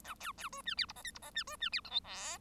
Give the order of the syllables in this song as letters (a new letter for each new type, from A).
A B B C D E F G H F G D C D E I J K